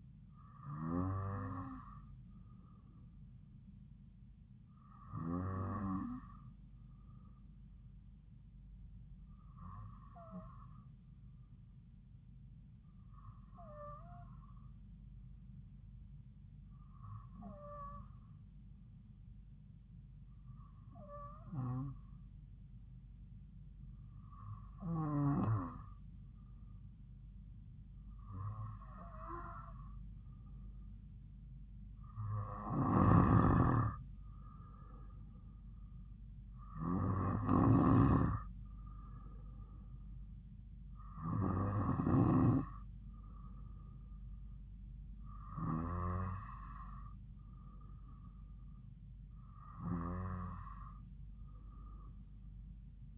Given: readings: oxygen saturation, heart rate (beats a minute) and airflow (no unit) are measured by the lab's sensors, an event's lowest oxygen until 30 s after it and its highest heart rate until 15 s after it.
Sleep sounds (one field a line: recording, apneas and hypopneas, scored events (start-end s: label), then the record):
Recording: breathing in sleep by a smartphone at the bedside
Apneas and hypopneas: 1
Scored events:
3.00-27.80 s: hypopnea (N2, oxygen 96% highest, then 93% lowest)
19.00-49.00 s: new sleep stage, N3 (deep sleep)
49.00-53.18 s: new sleep stage, N2 (light sleep)
From the record:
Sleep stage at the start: N2 (light sleep)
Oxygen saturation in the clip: 93 to 96%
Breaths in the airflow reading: 13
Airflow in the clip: -2.7 to 2.8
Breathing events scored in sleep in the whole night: 270 in 6.1 hours asleep